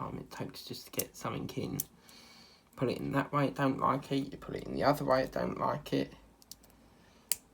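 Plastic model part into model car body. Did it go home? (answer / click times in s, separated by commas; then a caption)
yes / 7.3 s. A plastic part is pushed into the body of a partwork scale model car after being tried one way and then the other, while someone talks. A few faint taps come around 6.4 to 6.7 seconds, then a sharp, loud click at 7.3 seconds as the part clicks into place and is seated.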